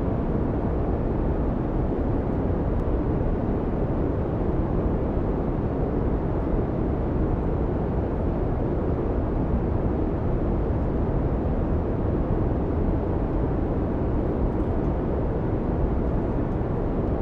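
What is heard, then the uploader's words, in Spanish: Inside an airplane cabin, a steady, dense roar fills the space, heavy in the low and middle range and unchanging for the whole stretch. The level holds flat throughout, with only a few faint, brief clicks breaking through the constant engine and air noise. Ambiente de la Cabina del Avión. Ahora nos encontramos a 40,000 pies de altura. Hemos alcanzado nuestra altitud de crucero. El suave zumbido de los motores del avión.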